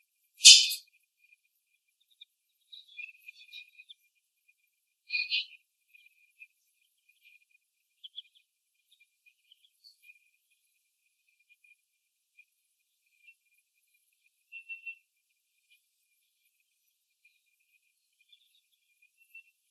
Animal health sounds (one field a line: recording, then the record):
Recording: young laying hens in a cage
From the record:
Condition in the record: after the stressor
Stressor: simulated dog barking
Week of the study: 1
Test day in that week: 1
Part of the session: 4